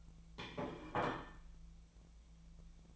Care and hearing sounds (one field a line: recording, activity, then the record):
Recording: daily activity, microphone in the room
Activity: place plate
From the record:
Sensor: 1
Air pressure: 1009.4 hPa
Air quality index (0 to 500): 196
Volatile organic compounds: 20 ppm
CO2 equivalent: 2684 ppm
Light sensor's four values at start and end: 28/71/29/35 and 28/71/29/35